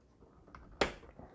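A second RAM module is pressed into a motherboard DIMM slot, and at 0.8 s the retention clip snaps shut with one sharp, bright click. A few faint ticks follow, and the module is seated.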